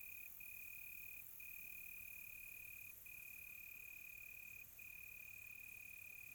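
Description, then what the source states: Cricket trilling continuously with short breaks every second or two, set against an unbroken high insect chorus. Crickets on a quiet tropical night, recorded close.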